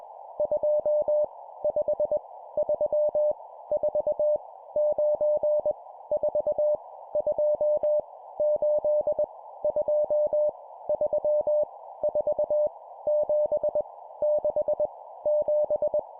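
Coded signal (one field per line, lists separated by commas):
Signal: Morse code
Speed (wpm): 21 wpm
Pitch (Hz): 600 Hz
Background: none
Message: 2 5 3 4 9 4 2 8 2 3 4 7 6 7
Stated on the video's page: Random-number Morse drill at 20 wpm for building CW copy speed.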